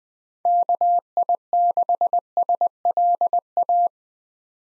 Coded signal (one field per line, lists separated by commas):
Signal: Morse code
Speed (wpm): 20 wpm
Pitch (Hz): 700 Hz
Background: none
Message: KI6SLA